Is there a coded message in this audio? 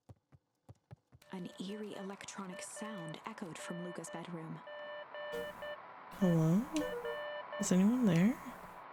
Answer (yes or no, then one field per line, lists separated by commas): yes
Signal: Morse code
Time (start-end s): 1.5-7.7 s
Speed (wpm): 10 wpm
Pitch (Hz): 1800 Hz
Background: speech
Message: SANGER